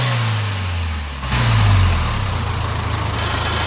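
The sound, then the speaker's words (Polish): A car engine idles low, then revs up sharply with a loud, rising roar before settling into a steady, rumbling higher idle during an exhaust test. No one speaks. “Przygotować się, przyspieszamy.”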